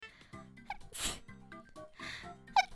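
A single sharp, hissing sneeze burst from an adult over faint background music, followed by a softer breathy exhale.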